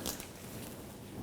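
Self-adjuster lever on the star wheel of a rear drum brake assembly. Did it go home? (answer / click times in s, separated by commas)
no / none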